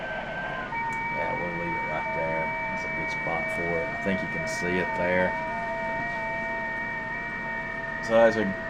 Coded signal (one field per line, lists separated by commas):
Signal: FT8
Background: speech